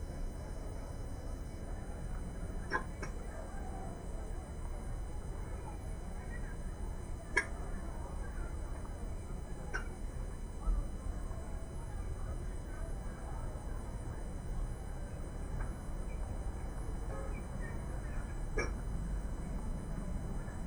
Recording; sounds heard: poultry house recording; healthy chickens